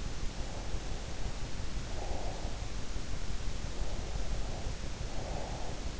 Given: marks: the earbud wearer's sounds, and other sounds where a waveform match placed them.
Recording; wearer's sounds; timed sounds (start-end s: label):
sounds in sleep by an in-ear microphone; breath
0.37-2.89 s: breath
3.67-5.99 s: breath